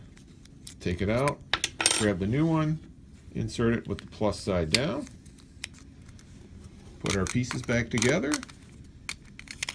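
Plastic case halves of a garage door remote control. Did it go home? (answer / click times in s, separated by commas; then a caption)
no / none. Someone talks while handling the plastic case halves of a Sears Craftsman garage door remote control after a battery change, with the new battery inserted plus side down. The halves are brought back together by hand, with small sharp plastic clicks and taps of handling between the speech. Nothing has seated or snapped shut yet.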